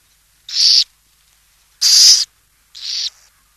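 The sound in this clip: Burrowing owl producing three loud, hoarse screeches in quick succession, the middle one longest, with near silence between.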